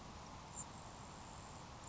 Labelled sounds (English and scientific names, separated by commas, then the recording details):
Grasshopper Sparrow (Ammodramus savannarum)
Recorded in Sonoma County, California